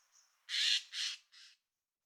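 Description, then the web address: Eurasian jay uttering three rasping screeches in quick succession, the last shorter and weaker, after a faint thin note at the start. Recorded 30 September 2022. "2022 09 30-vlaamse gaai"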